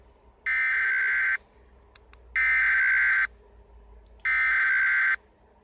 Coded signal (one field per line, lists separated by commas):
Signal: Emergency Alert System (SAME) tones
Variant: header bursts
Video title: EAS scenario biological radioactive modern warfare warning